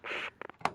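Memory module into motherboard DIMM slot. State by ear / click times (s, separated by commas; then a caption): seated / 0.4 s, 0.7 s. A finger runs down a RAM memory module, making a steady scraping rub for about the first 0.3 seconds. Then the bottom end of the stick is pushed into a motherboard DIMM slot, and sharp clicks sound at 0.4 and 0.7 seconds as the clip snaps. The module is seated in place.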